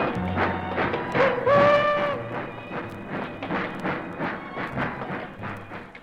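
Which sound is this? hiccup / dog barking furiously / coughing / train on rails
train on rails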